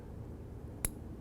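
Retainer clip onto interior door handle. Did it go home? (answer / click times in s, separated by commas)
yes / 0.8 s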